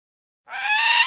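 Bird call: a single harsh, harmonic squawk lasting about half a second, steady then slightly rising in pitch, with no other sounds around it.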